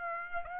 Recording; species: mosquito wingbeat signal from an infrared sensor; Aedes aegypti